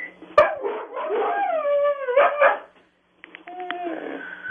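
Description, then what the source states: Dog howling over a phone line, long wavering notes that glide downward, with a short break and then a lower held howl. Caller Pam's pet dogs singing over the phone on the Don and Mike Show's American Fido segment, 2008-01-22; hosts asked to hear the one called the Timberwolf alone.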